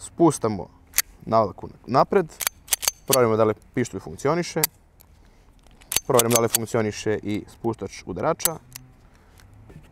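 Someone talks while handling an FB Vis mod. 35 (Vis Radom) pistol at the end of reassembly, with a few sharp metallic handling sounds around 5.0 to 6.0 seconds. The steel magazine is about to go back into the pistol grip to lock, but nothing has seated or clicked yet.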